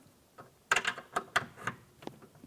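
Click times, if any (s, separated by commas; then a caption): 0.7 s. A door mirror electrical connector on a 2002-2005 Ford Explorer is pushed into its harness plug. A sharp click at 0.7 s marks it seating, followed by several softer plastic clicks and rattles as it is pressed tight. The connector is seated.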